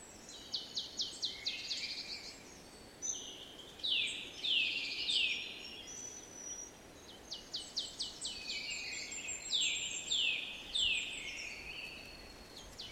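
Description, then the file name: Eurasian nuthatch calling in quick bursts of sharp, high, downward-sweeping notes, several series separated by short pauses, with a faint steady background hiss. "Sitta europaea"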